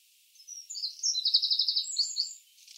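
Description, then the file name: Eurasian wren giving a short, high, hurried trill with thin twittering notes around it, softly hissy background. "Troglodytes troglodytes"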